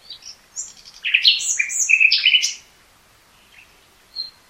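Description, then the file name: Common nightingale song: a brief, loud phrase of varied whistles and chirps at different pitches, then a couple of faint notes. "Luscinia megarhynchos"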